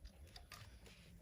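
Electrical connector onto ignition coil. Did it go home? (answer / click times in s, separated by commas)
no / none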